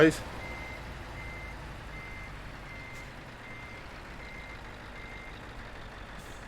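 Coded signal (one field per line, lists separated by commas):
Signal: none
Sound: a truck's reversing beeps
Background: speech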